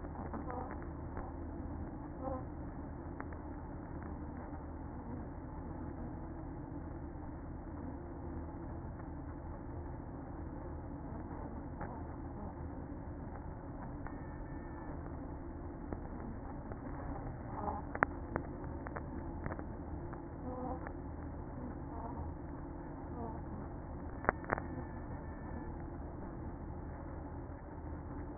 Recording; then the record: honeybee colony, microphone inside the hive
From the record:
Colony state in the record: queen present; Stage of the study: after two queens were removed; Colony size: about 60,000 bees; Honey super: yes